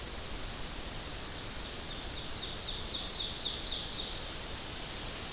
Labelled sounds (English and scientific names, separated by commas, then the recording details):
Ovenbird (Seiurus aurocapilla) song
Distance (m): 70 m
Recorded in boreal forest in Alberta, Canada, on 12 June 2016 at 06:52
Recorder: SongMeter 3, array SBT-3-18
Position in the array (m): 257 m, 102 m
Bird 31